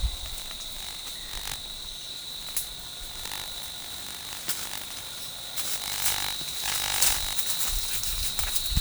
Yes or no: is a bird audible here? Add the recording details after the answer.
no. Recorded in forest near Pivijay, Magdalena, Colombia, on 18 April 2023 at 08:00. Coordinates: 10.467, -74.380. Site Z5-G034